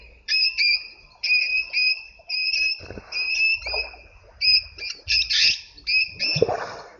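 Cape parrot calls: loud, raspy screeches repeated in uneven runs of two or three, with a softer low background murmur.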